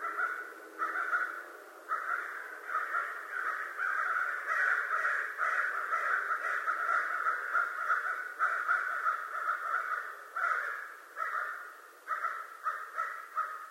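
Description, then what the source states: American crow giving harsh, raspy caws in a steady, near-continuous series, with brief gaps near the end. Recorded 25 November 2011.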